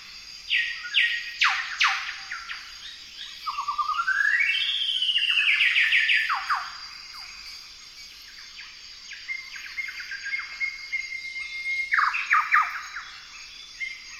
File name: golden whistler bird singing